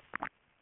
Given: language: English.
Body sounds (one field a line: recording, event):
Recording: throat vibration sensor signal played as sound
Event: swallow